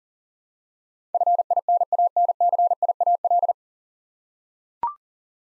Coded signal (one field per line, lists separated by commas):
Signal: Morse code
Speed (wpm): 40 wpm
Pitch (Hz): 700 Hz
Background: none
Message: FINANCIAL